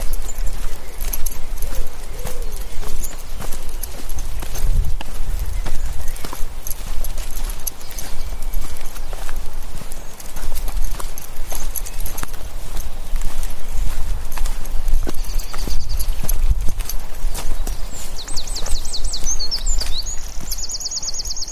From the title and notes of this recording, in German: Abends mit dem Hund im Wald. Aufnahme eines Spaziergangs im Wald. Mit Hund, Vögeln, gelegentlichem Kampf durch das Unterholz und vielen knacksenden Ästen und rauschenden Blättern auf dem Waldboden.